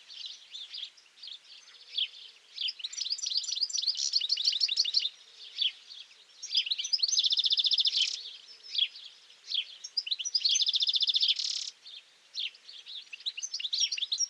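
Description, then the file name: European goldfinch song running on and off: bright twittering phrases of mixed high notes broken by short pauses, with several harsh buzzy bursts; faint low sounds beneath. "Carduelis carduelis"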